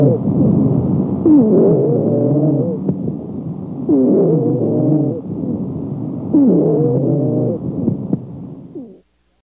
Wheeze is composed of several dissonant notes starting and ending at the same time, it is called a polyphonic wheeze. Forms of obstructive lung disease may be associated with polyphonic wheezing.